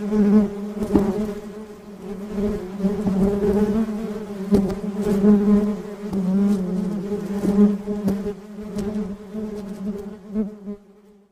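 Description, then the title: Honey bee buzzing, a steady low droning hum with rich overtones that swells and dips, broken by a few faint clicks, fading out at the end. "蜜蜂聲"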